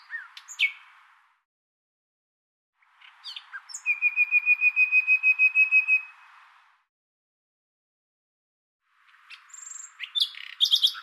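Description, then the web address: Common nightingale song: slurred chirps, then a long, even, pulsing whistled trill of repeated notes, followed by a burst of varied sharp notes. "Deverinetal 2025"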